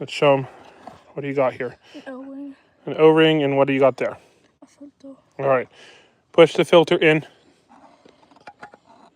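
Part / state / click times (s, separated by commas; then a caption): oil filter element into plastic filter housing cap / not seated / none. A child pushes a new paper oil filter element into the plastic filter housing cap while changing the oil on a 2014 Dodge Journey, with an O-ring nearby. Two people talk, then faint handling taps and scrapes follow near the end. The element is not in all the way, and nothing has clicked yet.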